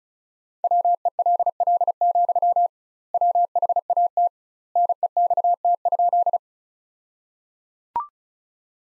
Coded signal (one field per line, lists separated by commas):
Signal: Morse code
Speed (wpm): 36 wpm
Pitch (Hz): 700 Hz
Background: none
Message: WELL, WHAT NEXT?